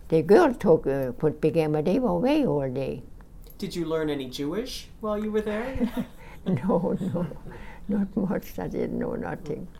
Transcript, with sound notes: The girls talked, but they were away all day.
Did you learn any Jewish while you were there?
( she laughs ) No, no, not much. I didn't know nothing.